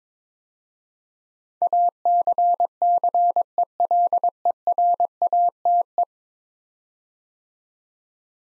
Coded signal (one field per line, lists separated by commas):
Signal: Morse code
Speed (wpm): 22 wpm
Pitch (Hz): 700 Hz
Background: none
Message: ACCELERATE